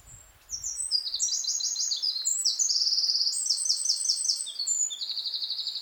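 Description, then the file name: Eurasian wren song, an energetic high cascade of sharp notes and buzzy trills that keeps going for about five seconds, with a rapid trill at the end. "Troglodytes troglodytes"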